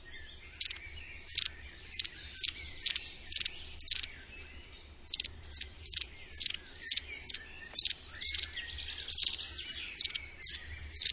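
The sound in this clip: Bird calls: steady stream of high, sharply falling chirps, roughly two each second, with a brief buzzy rattle partway through and a low hum beneath.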